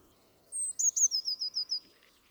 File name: Cyanistes caeruleus